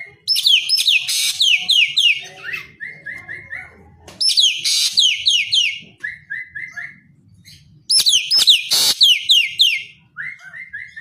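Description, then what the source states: Javan green magpie song in three loud bursts of fast, falling, shrill whistled notes, each followed by a run of short clear rising whistles. Bird described as singing vigorously (gacor).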